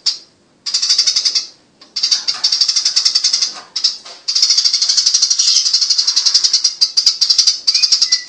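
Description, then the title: Eurasian tree sparrow song: fast, continuous high-pitched chattering chirps in long pulsing bursts, broken by a couple of brief pauses. Gacor, a long rolling song ('ngerol panjang'). "Burung Master : Burung Gereja Gacor Ngerol Panjang"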